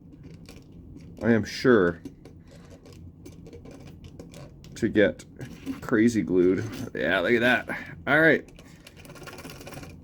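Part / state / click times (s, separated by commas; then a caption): plastic piece fitted back onto a pinball toy figure / partly seated / 8.9 s. A broken plastic piece of the Bumblebee figure from a Transformers LE pinball machine is pressed back onto the figure before being crazy-glued, while someone talks. Small clicks and taps are heard, and at about 8.9 s the piece almost clicks into place. It is not fully seated, so glue is still needed.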